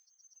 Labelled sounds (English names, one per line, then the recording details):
Yellowhammer song
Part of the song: start
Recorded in the Czech Republic on 1 May 2015
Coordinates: 50.051, 16.163
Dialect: BE
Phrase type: B32
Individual ch004